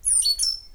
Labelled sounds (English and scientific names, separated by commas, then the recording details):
Stitchbird (Notiomystis cincta) song
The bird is a male
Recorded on Tiritiri Matangi Island, New Zealand, in 2005
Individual 4, of nest box 4